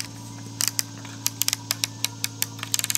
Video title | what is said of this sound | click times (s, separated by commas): First Impressions - Googan spinning rod | i'm sure you can hear it's got a clicking reel seat | 0.7 s, 0.8 s, 1.4 s, 1.5 s, 2.7 s, 3.0 s